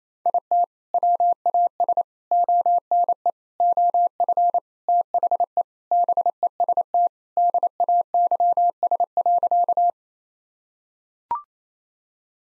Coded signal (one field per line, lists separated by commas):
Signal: Morse code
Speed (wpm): 28 wpm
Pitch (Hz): 700 Hz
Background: none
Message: IT WAS ONE OF THE BEST DAYS.